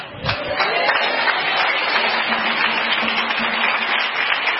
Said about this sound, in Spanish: Dele aplauso al Señor. Déselo fuerte.